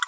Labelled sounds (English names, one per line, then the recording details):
Green-rumped Parrotlet babbling
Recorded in a nest box in Venezuela
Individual 18B25A4